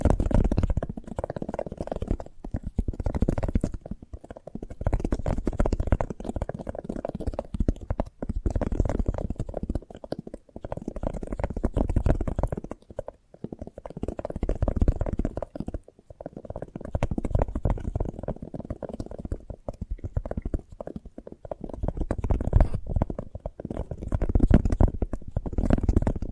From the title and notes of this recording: ASMR of a Sprouted Coconut (No Talking).